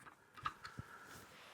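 A screwed joint on the frame of a Delta Children infant changing table, its screws started by hand and then tightened with a tool, is drawn home with a sharp snap at 0.5 s. A faint tap comes just before it, a smaller tick at about 0.65 s and a low thump near 0.8 s. The joint is seated and confirmed in.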